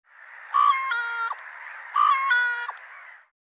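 Bird calling twice, each call a short pure note leading into a longer reedy, harmonic tone that ends with a slight downward flick.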